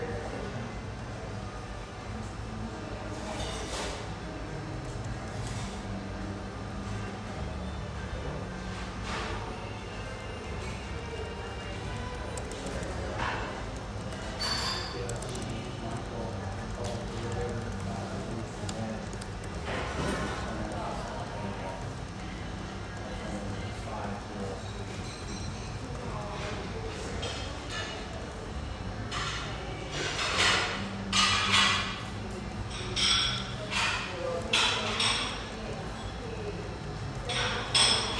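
A steady hum of chatter fills the espresso house, with frequent clinks of cups and dishes growing busier and sharper toward the end.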